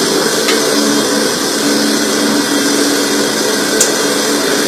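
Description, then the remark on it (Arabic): A juice blender runs without pause, a loud, steady, high-pitched whirring drone that holds the same level for the whole stretch, with a couple of brief faint clicks along the way. “قل له ليس ليس خلاط عصير أو شيء.”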